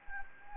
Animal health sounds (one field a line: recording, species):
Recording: mosquito wingbeat signal from an infrared sensor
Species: Anopheles gambiae